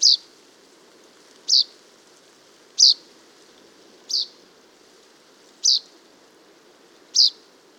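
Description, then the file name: Common chaffinch calling: six short, sharp, high notes at a steady pace, over a soft, steady low background hiss. "Fringilla coelebs"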